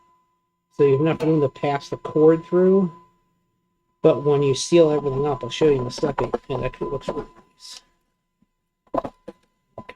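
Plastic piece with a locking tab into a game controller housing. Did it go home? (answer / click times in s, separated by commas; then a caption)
yes / 9.8 s, 9.9 s. Someone talks while a cord is routed through a hole cut near the edge of an Intellivision II left-hand controller shell. A plastic piece is then pressed in after some light handling sounds around 9.0 s, and it locks into place with a tab. The two sharp clicks come at 9.8 s and 9.9 s.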